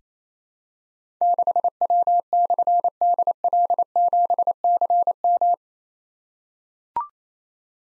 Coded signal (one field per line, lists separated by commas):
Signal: Morse code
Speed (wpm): 27 wpm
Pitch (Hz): 700 Hz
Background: none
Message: 6W/DL7CM